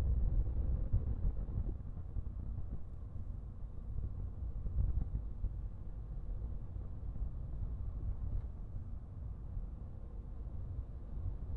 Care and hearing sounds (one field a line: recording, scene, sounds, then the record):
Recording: everyday scene through a hearing-aid microphone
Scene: in a vehicle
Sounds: engine, rumble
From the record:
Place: Skoda Fabia, gasoline engine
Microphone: behind the ear, right, rear